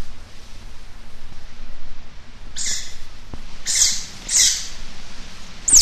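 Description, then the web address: Eurasian otter making shrill, high squeaks, first a single call, then a close pair and a last brief squeak at the end, with quiet low background noise. "european otter"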